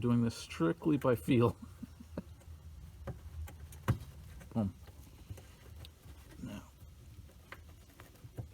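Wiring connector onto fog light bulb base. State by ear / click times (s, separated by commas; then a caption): seated / 7.5 s. A wiring connector is pushed by feel onto a fog light bulb base behind the bumper of a 2018 VW Tiguan while someone talks. Faint scrapes and handling ticks lead to a sharp snap at 7.5 s as the connector seats completely in place.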